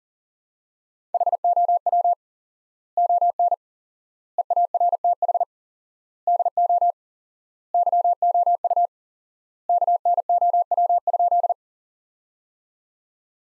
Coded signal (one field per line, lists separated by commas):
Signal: Morse code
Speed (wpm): 40 wpm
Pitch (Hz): 700 Hz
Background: none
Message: HOW ON EARTH DO YOU KNOW?